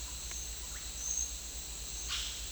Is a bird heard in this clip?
yes